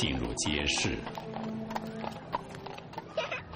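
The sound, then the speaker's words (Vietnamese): A woman rides a fine horse into a market; hooves clip-clop in a steady, moderately loud rhythm for several seconds, opening with a brief high whinny, with faint murmuring voices underneath. “Chị ấy liền cưỡi ngựa tốt, trang sức các thứ châu báu, y báu, đi vào chợ.”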